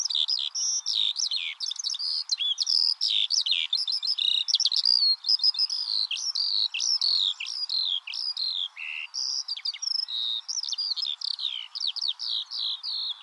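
Eurasian skylark song, a continuous rapid stream of high chirps, trills and slurred whistles through the whole stretch.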